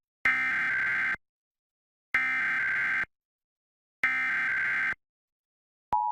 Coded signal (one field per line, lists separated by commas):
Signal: Emergency Alert System (SAME) tones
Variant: header bursts